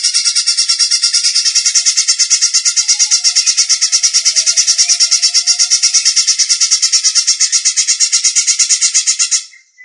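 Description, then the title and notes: Leafbird song, a loud, unbroken stream of fast chattering notes at a steady pulse of roughly three a second, stopping abruptly near the end. "Cucak Ijo"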